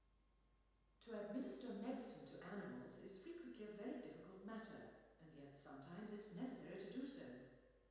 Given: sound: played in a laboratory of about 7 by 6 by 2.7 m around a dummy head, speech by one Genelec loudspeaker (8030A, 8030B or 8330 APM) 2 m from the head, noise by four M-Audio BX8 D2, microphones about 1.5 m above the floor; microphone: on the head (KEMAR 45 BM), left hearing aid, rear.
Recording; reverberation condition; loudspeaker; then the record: female speech in English; high; 150 degrees to the right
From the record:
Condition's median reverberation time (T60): about 1300 ms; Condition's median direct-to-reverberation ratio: about -4.0 dB